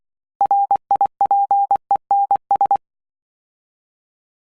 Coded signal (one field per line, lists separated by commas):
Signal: Morse code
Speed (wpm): 22 wpm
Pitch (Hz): 800 Hz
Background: none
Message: RIPENS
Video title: Morse Code Practice 4 - 'V' 'L' 'F' 'P' 'J'